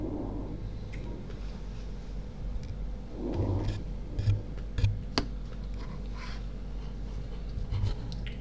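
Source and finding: Chest by stethoscope. Normal vesicular breath sounds.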